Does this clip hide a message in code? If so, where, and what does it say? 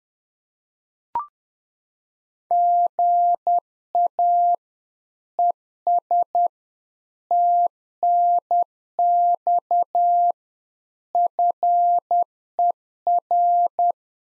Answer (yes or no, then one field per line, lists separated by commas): yes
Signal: Morse code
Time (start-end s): 2.5-13.9 s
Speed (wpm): 10 wpm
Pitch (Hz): 700 Hz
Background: none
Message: GA ES TNX FER